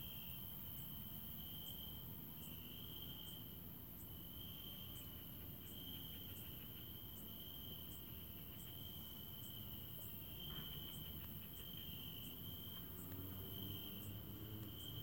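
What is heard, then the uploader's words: Crickets chirr steadily through the night in an orchard, a continuous high trill that never lets up, with faint clicking pulses above it about twice a second. Underneath lies a low, soft rumble of background noise, and the level stays even throughout. Night in the orchard. Crickets in the orchard I was camping in just outside of Venice.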